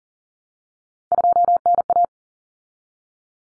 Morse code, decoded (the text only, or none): 2NA